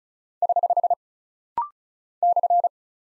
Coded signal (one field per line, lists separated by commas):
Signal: Morse code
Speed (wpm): 36 wpm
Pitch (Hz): 700 Hz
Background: none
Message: <HH> /